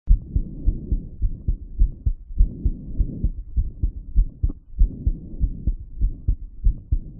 Heartbeat heart after light exercise.